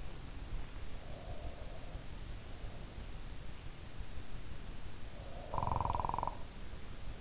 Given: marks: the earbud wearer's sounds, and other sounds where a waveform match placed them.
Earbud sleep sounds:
sounds in sleep by an in-ear microphone; breath, snoring breath
0.91-2.11 s: breath
5.25-6.51 s: snoring breath

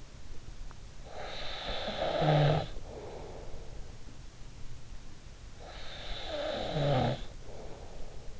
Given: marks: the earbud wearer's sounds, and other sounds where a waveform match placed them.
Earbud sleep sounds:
sounds in sleep by an in-ear microphone; snoring breath
1.02-4.01 s: snoring breath
5.47-8.39 s: snoring breath

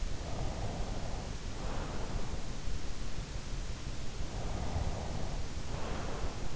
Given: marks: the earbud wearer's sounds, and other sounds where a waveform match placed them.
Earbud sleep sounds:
sounds in sleep by an in-ear microphone; breath
0.26-2.28 s: breath
4.16-6.56 s: breath

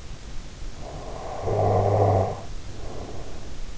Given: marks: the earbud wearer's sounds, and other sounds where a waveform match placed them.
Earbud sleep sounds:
sounds in sleep by an in-ear microphone; snoring breath
0.68-3.72 s: snoring breath

